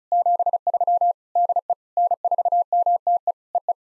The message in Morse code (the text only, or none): 73 DE N4MTE EE